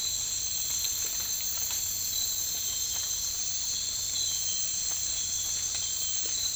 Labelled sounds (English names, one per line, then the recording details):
none
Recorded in dense forest near Puerto Asís, Putumayo, Colombia, on 19 March 2025 at 02:00
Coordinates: 0.485, -76.318
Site G056